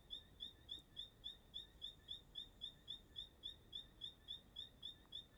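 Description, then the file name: Bird delivering steady high-pitched chirps, around three to four per second, evenly spaced and cricket-like, over a faint constant hiss. Singing at dusk in Chapada dos Veadeiros park; song described as sounding like a cricket. "Entardecer no Parque da Chapada dos Veadeiros com passaro cantando como um grilo"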